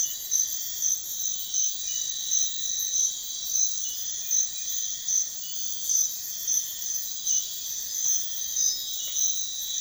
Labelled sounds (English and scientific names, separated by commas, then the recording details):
none
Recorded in pastures near Puerto Asís, Putumayo, Colombia, on 28 February 2025 at 04:00
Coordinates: 0.502, -76.324
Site GP07